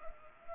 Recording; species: mosquito wingbeat signal from an infrared sensor; Culex pipiens